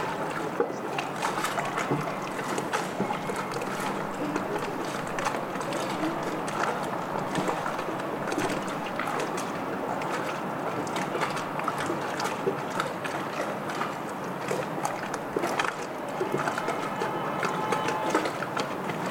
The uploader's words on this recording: Stormy Harbour Ambiance | City of Bristol. This field recording soundscape captures the vibrant ambiance of a stormy harbor.